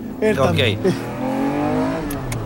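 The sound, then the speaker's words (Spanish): A BMW Z4 car engine revs with a quick rising whine, then settles into a steady, loud drone as the car pulls away, its pitch climbing slowly before fading. “Ahí se fue el dato auto.”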